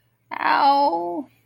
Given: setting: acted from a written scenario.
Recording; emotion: vocal sound without words; pain